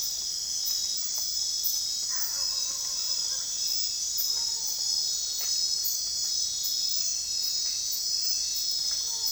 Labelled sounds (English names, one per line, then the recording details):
none
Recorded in secondary vegetation near Puerto Asís, Putumayo, Colombia, on 24 June 2025 at 22:30
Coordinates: 0.498, -76.327
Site GP09